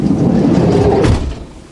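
The sliding door of an insulated Starex 5-van camper van is being handled toward its latch on the body striker, with a steady low rumbling noise that swells briefly around 1.0–1.2 s and then fades. The clip ends before the latch closes, and nothing has seated or clicked yet.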